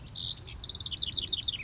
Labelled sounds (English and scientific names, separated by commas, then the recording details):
House Wren (Troglodytes aedon)
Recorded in Sonoma County, California